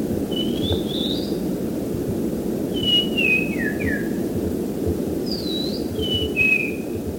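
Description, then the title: Oriental magpie-robin song: clear whistled notes, some sliding down, in short phrases with pauses, over a steady low rushing noise. Used for training songbirds (masteran). "kacer masteran"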